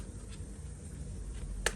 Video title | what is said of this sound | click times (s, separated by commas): Heroclix x Marvel Legends: Sentinel | Okay, so no need to worry about that. Easy snap. | 1.7 s